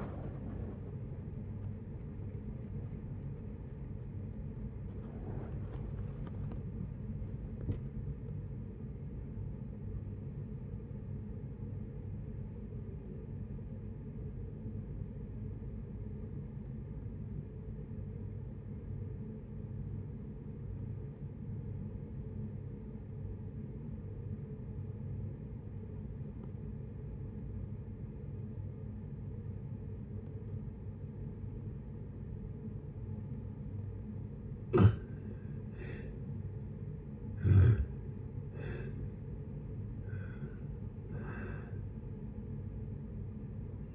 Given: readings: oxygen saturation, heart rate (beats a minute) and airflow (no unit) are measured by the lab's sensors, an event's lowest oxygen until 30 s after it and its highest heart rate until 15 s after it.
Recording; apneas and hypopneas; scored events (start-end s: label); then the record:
breathing in sleep by a smartphone at the bedside; 1
13.00-43.95 s: new sleep stage, N1 (lightest sleep)
17.00-34.60 s: obstructive apnea (N1, oxygen 97% highest, then 81% lowest, heart rate 63 at the start, 74 highest)
From the record:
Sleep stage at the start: N2 (light sleep); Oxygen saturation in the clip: 84 to 97%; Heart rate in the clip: 58 to 79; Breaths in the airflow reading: 7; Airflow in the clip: -8.8 to 15.5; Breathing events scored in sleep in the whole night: 496 in 5.4 hours asleep